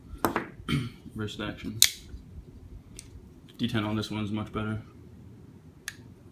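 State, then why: Seated. A titanium framelock folding knife is flicked open with a wrist action, and the blade swings out of its folding handle while someone talks. The lock engages with a sharp snap at 5.9 s, seating the blade open. Brief sharp ticks are also heard near 0.2–0.4 s and 3.0 s.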